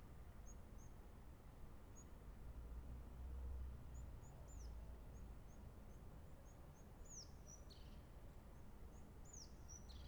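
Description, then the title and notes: European crested tit calls, high thin notes and sharp downslurred chips repeated irregularly, clearer toward the end, above a steady low rumble. Recorded from an inner corridor of Montjuïc Cemetery, Barcelona, facing the Olympic Ring. "Cementiri de Montjuic. herrerillo capuchino (Lophophanes cristatus)"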